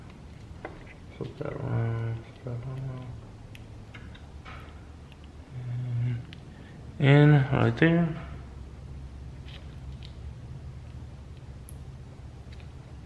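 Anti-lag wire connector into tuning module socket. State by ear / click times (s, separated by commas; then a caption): seated / 11.7 s. An anti-lag wire plug or chip for a 335is E92 N54 is pushed into its socket inside the tuning module's circuit board housing while someone talks. A few small taps and handling sounds follow, then a sharp click at 11.7 s as the wire connector seats into the module.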